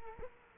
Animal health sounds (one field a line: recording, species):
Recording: mosquito wingbeat signal from an infrared sensor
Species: Culex quinquefasciatus